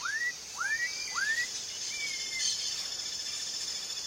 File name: Canto do japacanim